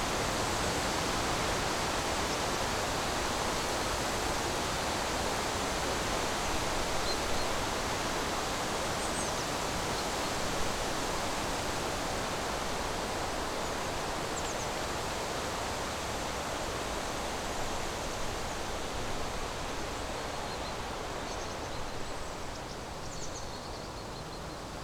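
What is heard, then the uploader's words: Wind rushes steadily through a forest, a dense, even roar spread from low rumble to bright hiss with little change over the whole stretch. A few faint, high bird calls flicker through around the middle and near the end, and the wind eases slightly toward the close. Windy Forest.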